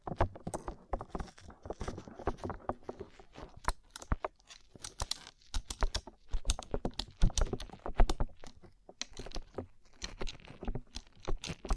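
Rhinestone-covered tapping: a dense, irregular stream of sharp, bright clicks and taps, often coming in quick bursts with brief pauses between. A soft low rustle and faint murmur run underneath, and the taps stay busy for the whole twelve seconds.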